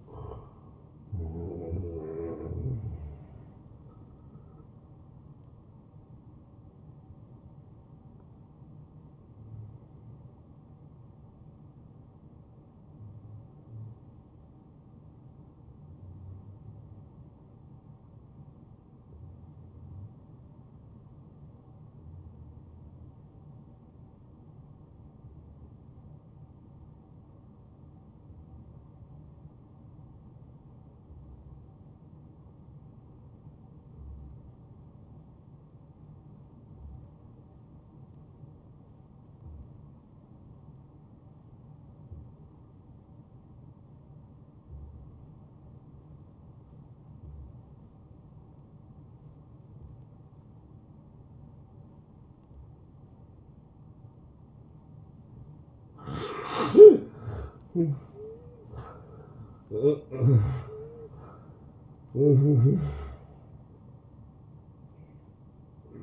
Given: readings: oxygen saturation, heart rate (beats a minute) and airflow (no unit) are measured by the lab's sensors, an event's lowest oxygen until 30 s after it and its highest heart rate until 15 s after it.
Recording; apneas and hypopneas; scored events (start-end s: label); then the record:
breathing in sleep by a smartphone at the bedside; 1
1.00-31.00 s: new sleep stage, N1 (lightest sleep)
10.00-56.10 s: hypopnea (N1, oxygen 96% highest, then 80% lowest, heart rate 78 at the start, 85 highest)
31.00-61.00 s: new sleep stage, N2 (light sleep)
61.00-66.03 s: new sleep stage, N1 (lightest sleep)
From the record:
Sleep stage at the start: N2 (light sleep); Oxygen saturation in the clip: 78 to 96%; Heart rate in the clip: 68 to 88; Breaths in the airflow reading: 13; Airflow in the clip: -17.4 to 12.2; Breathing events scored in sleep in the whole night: 263 in 5.5 hours asleep